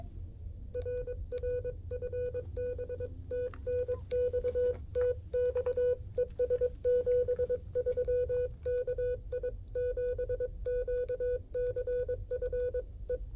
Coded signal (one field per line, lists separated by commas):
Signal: Morse code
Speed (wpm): 22 wpm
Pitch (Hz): 490 Hz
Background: music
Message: RR FB TNX TX ES 73 KI7QCF E